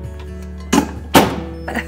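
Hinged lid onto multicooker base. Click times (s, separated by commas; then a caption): 0.7 s, 1.2 s. A hinged multicooker lid attached to its base is closed firmly so it clicks into place. Two sharp clicks are heard at 0.7 s and 1.2 s over a steady low hum and faint music, with a softer knock near the end. The lid is seated.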